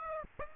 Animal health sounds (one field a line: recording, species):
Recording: mosquito wingbeat signal from an infrared sensor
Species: Aedes aegypti